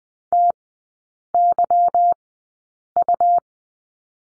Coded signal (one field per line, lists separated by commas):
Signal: Morse code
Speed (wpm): 20 wpm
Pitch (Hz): 700 Hz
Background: none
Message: TYU